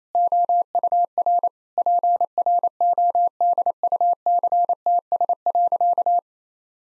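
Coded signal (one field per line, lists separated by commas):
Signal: Morse code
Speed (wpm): 28 wpm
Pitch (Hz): 700 Hz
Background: none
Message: OUR PRODUCTS.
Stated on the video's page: Morse practice sentences of common six-word phrases at 28 wpm, each sent, then spoken, then sent again; first words spoken beforehand.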